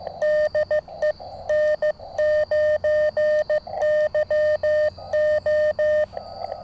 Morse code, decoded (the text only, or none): DE N9YO